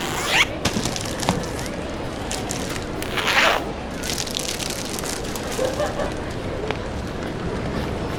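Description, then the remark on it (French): Steady rain falls with a dense, even hiss and soft pattering throughout, broken by a few brief, brighter squeaky chirps early on and again midway. “Ah, j'adore ce temps. La pluie nous révèle beaucoup sur le monde qui nous entoure.”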